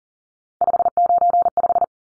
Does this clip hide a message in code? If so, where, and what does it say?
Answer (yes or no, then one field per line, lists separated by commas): yes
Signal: Morse code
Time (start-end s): 0.6-1.8 s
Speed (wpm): 40 wpm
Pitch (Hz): 700 Hz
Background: none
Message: 595